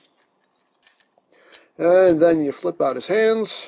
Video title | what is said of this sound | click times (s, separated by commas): Robots is Disguise 2015 Warrior FRACTURE | Lock it into place. | 0.9 s